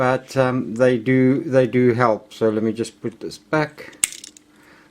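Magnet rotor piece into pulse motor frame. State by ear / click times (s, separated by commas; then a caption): seated / 4.4 s. Someone talks, then sets the magnet-and-glass-bead top piece of a homemade pulse motor back onto its wooden tongue-depressor frame. A few small clicks follow, and the rotor piece snaps into place at 4.4 s.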